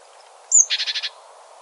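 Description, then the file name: Great tit call: a thin high note followed at once by a buzzy churr of five quick rasping pulses, then quiet. "Parus major"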